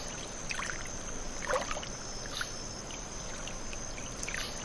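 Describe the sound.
Cricket sound, a steady high unbroken tone throughout, with scattered clicks and knocks and a low rumble beneath.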